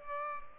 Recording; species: mosquito wingbeat signal from an infrared sensor; Culex pipiens